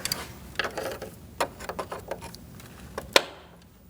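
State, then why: Released. A flathead screwdriver pushes in the plastic locking tab that holds the cooling fan shroud to the radiator on a 2008-2014 Mercedes-Benz C300, during removal of the engine cooling fan assembly. Several small ratcheting clicks and scrapes come first, then a sharp, loud click at 3.2 s. That click is the tab releasing the fan shroud, which is now free.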